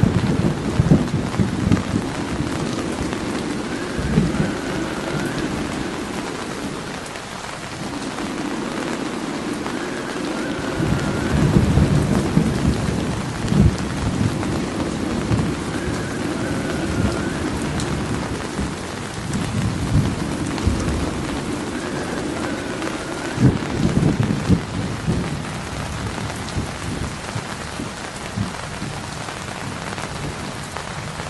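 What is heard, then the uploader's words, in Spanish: Rain falls steadily with a dense hiss throughout, while low rumbles of thunder or wind swell and fade in waves, strongest around 3–6, 11–14 and 23–25 seconds. The deep rolling sound never fully stops, and the rain's patter stays constant beneath it. Sonido de lluvia, truenos y viento.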